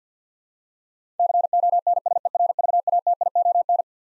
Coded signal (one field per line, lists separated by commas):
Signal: Morse code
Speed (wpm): 50 wpm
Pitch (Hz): 700 Hz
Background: none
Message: CONSERVATION